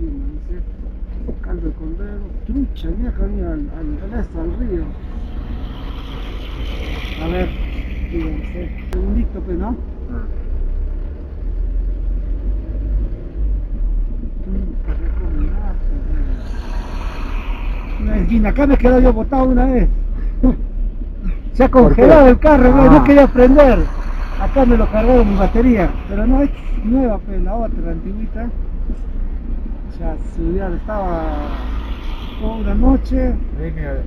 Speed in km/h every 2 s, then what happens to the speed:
5, 5, 3, 0, 0, 1, 4, 6, 10, 10, 8, 8, 9, 7, 7, 7, 7.
0-6 steady at about 3. 6-10 standing. 10-16 pulls away to 10. 16-34 steady at about 8.